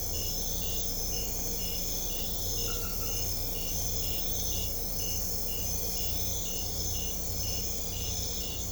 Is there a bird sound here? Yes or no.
no